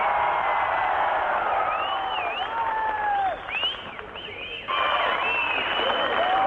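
A studio audience claps loudly and steadily to wish a guest a very happy birthday, with cheers and rising, swooping whistles cutting through the dense applause. The noise briefly thins for about a second before surging back.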